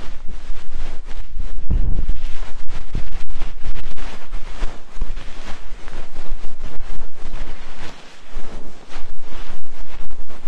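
Ear cleaning: a dense, continuous run of scratching and crackling with rapid clicks and rubbing strokes. A dull, muffled thump rumbles in around two seconds, and the scraping briefly eases near eight seconds before resuming.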